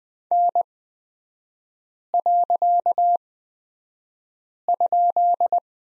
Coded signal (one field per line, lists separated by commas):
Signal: Morse code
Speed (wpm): 20 wpm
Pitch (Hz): 700 Hz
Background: none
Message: N.?